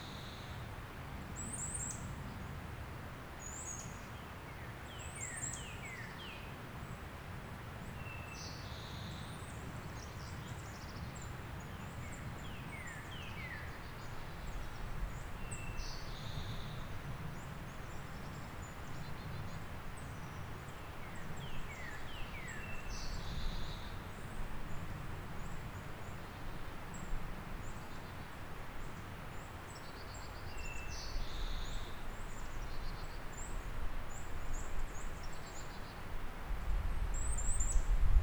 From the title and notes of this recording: In Brevard, NC on See Off Mountain, and includes a chorus of birds and the Dunn’s Creek waterfall. Soundcast: Brevard Birds in Spring.